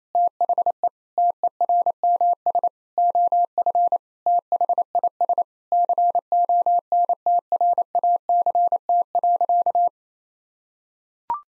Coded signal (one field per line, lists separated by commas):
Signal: Morse code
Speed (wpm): 28 wpm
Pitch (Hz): 700 Hz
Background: none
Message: THE TERMS OF THIS CONTRACT.